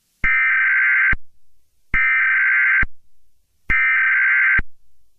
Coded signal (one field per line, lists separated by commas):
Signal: Emergency Alert System (SAME) tones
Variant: header bursts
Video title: Splaatquake Emergency Alert System